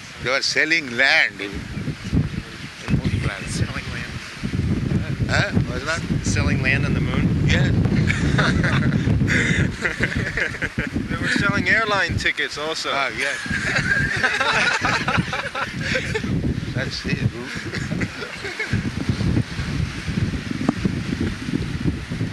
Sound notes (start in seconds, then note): 7.9 laughter; 13.2 laughter